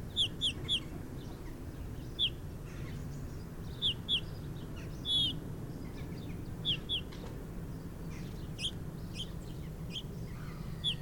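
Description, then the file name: Eurasian bullfinch calls: short, piping, downslurred whistled notes, given singly and in quick pairs or triplets throughout, over a steady low background rumble. "Pyrrhula pyrrhula"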